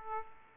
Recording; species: mosquito wingbeat signal from an infrared sensor; Aedes aegypti